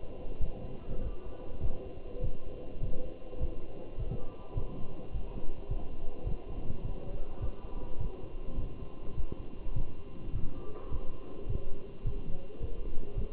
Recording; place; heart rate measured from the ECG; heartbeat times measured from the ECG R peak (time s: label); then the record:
heart sounds by stethoscope; between the tricuspid and mitral areas; 103 bpm
0.42 s: heartbeat
1.03 s: heartbeat
1.63 s: heartbeat
2.24 s: heartbeat
2.83 s: heartbeat
3.41 s: heartbeat
3.99 s: heartbeat
4.57 s: heartbeat
5.14 s: heartbeat
5.70 s: heartbeat
6.27 s: heartbeat
6.85 s: heartbeat
7.42 s: heartbeat
8.00 s: heartbeat
8.59 s: heartbeat
9.17 s: heartbeat
9.76 s: heartbeat
10.35 s: heartbeat
10.92 s: heartbeat
11.50 s: heartbeat
12.06 s: heartbeat
12.62 s: heartbeat
13.17 s: heartbeat
From the record:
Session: walking at 3.7 km/h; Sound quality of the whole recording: good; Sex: male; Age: 27 years